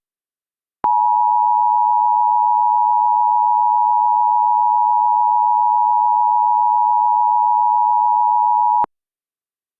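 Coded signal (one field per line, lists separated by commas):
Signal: Emergency Alert System (SAME) tones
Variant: 853 and 960 Hz attention tone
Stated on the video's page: Reenactment mock of a 2020 Chicago tornado warning using valid EAS tones.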